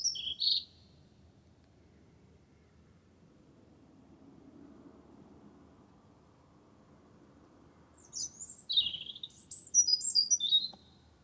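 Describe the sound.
Wren song: one brief high note at the start, a long near-silent stretch, then a rapid, shrill burst of twittering trills in the final seconds.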